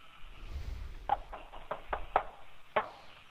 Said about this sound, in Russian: А можете постучаться? Попробую.